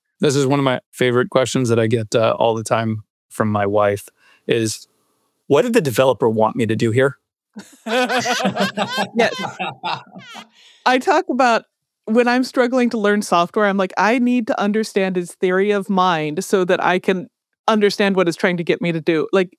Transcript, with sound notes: This is one of my favorite questions that I get all the time from my wife is: What did the developer want me to do here?
(laughter) I talk about when I'm struggling to learn software, I'm like, I need to understand this theory of mind so that I can understand what it's trying to get me to do.